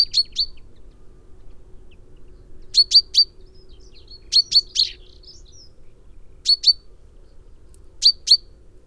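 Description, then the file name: Common Chaffinch repeating crisp, high call notes in bursts of two or three, five bursts spaced irregularly over a faint low hum. "Fringilla coelebs"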